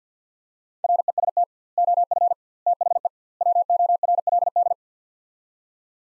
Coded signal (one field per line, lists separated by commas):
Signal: Morse code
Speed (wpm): 50 wpm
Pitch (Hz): 700 Hz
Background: none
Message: REST OF THE WORLD